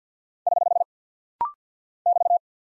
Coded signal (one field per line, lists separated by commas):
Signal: Morse code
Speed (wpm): 48 wpm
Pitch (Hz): 700 Hz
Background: none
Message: <HH> <BT>